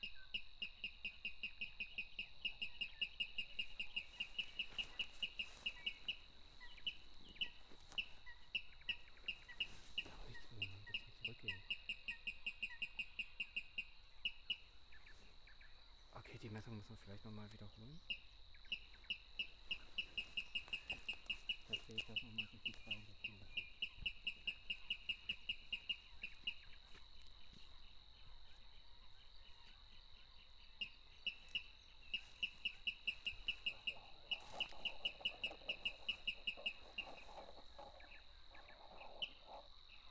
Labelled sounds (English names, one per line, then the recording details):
Water Rail song
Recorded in the wild
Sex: male
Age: adult
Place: Kützerhof, Kummerower See, Mecklenburg-Vorpommern, DE
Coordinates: 53.8552, 12.8865
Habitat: wetland
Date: 2010-04-27 23:34
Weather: 8°C, 80% humidity, almost windless
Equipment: Edirol R4, Microtech Gefell MK 250/MV220
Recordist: Giermann, Anita and Frommolt, Karl-Heinz
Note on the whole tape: Kleine Rosin: calibrated recording of a water rail. Distance 15.6 m estimated using a line array (recording